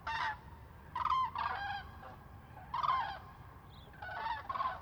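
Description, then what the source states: Common cranes give loud trumpeting, rolling bugle calls in several bursts, with several birds calling together. Several birds, close fly-by, Lac du Der, France, 10 January 2021.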